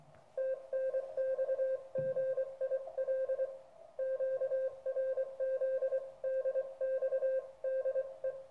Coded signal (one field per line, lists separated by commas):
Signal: Morse code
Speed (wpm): 24 wpm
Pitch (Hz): 1600 Hz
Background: radio noise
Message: TNX GIL QRZ DX DE